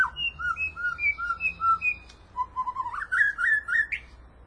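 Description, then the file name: White-rumped shama song: a series of evenly spaced clear whistles, followed by a rising run of quick whistled notes. "suara kicau murai"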